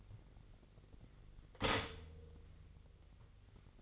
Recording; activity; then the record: daily activity, microphone in the room; stop toaster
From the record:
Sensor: 4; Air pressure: 1002.7 hPa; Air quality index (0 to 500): 236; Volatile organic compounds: 16 ppm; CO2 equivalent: 2555 ppm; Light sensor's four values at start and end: 21/74/27/27 and 17/59/22/21